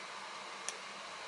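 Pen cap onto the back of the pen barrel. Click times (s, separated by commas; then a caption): 0.7 s. The snap cap of a Sheaffer 300 fountain pen is pushed onto the back end of the pen barrel to post it. A single faint, short click at 0.7 s stands out over a steady broadband hiss. The cap seats with the click and holds very securely.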